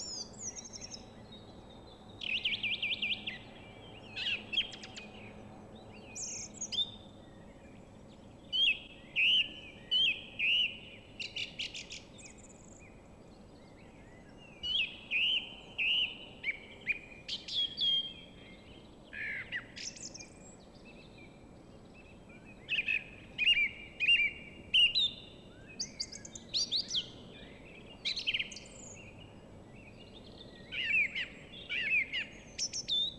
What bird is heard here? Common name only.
Song Thrush